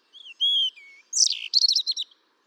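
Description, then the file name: European robin song phrase: a few thin, pure whistles wavering up and down, then a burst of rapid, tumbling high trills and twitters; quiet background. "Erithacus rubecula"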